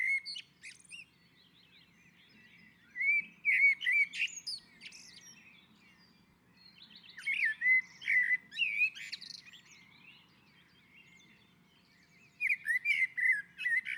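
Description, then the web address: Common blackbird song in several separate phrases, each a rich warble topped with thin high chirps, with quiet pauses of a few seconds between them. On a roof. "Naturinspelningar Koltrast på taket"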